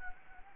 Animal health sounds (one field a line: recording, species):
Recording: mosquito wingbeat signal from an infrared sensor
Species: Anopheles gambiae